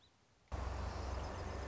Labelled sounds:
Song Sparrow (Melospiza melodia)
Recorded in Sonoma County, California

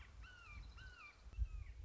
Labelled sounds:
Red-shouldered Hawk (Buteo lineatus)
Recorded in Sonoma County, California

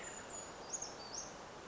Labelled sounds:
Brown Creeper (Certhia americana)
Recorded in Sonoma County, California

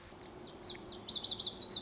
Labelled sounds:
Lazuli Bunting (Passerina amoena)
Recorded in Sonoma County, California

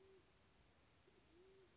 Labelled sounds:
Band-tailed Pigeon (Patagioenas fasciata)
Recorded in Sonoma County, California

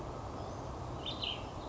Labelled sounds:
Cassin's Vireo (Vireo cassinii)
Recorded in Sonoma County, California

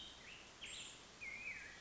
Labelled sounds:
Black-headed Grosbeak (Pheucticus melanocephalus)
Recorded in Sonoma County, California

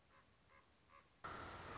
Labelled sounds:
Common Raven (Corvus corax)
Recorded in Sonoma County, California

